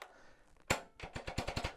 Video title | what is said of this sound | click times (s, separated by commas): 12 How to correctly set up a spin bike indoor cycle | Did you hear it click? | 0.7 s